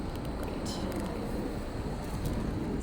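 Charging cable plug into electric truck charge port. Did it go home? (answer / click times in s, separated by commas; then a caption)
no / none. A charging cable plug is handled and lined up at the charge port of a Cybertruck electric truck, one-handed, before being pushed in. Steady low rumble and broadband background noise fill the clip, with faint brief rustles of handling. Nothing has seated or clicked yet.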